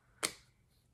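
A lipstick refill bullet is pulled out of a refillable lipstick case. A short, sharp tick sounds at 0.3 seconds as it comes free, then fades into quiet. The refill is released from the case.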